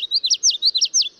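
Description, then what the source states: Common Yellowthroat song: a bright phrase of swooping notes, repeated a few times in quick succession. Male singing while flitting from stem to stem; song remembered as witchity, witchity, witchity; in breeding season males may repeat it 300 times an hour.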